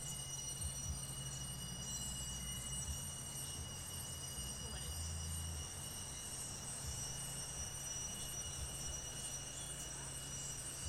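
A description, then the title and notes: Cicadas keep up an unbroken, shrill buzz, with a thin steady whine running underneath it the whole time. Below that sits a dense low rumble, even and unchanging, like surf or engine hum, with no distinct events standing out. Cicadas at Skull beach by roelven.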